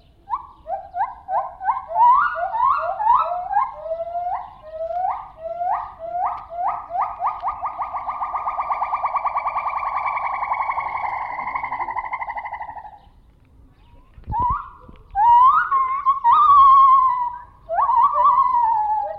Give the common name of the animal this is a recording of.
Lar Gibbon